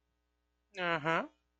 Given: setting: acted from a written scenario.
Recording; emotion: vocal sound without words; neutral